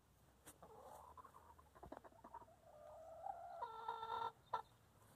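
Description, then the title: Chicken clucks and a drawn-out harmonic call, soft at first and building to a louder sustained squawk near the end. Chickens in their coop. "In the chicken coop - A csirkeólban"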